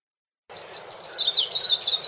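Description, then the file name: White-eye song: a quick, high twittering run of thin chirps and short slurred notes, continuous after a brief silent start. "suara kicauan burung kacamata perak. omkicau"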